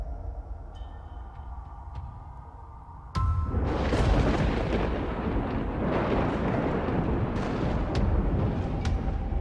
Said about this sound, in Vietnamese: Đúng lúc ở bên ngoài trời, tiếng sấm đì đùng vang lên, kèm theo một tia sét chiếu xuống, sáng rực cả bầu trời.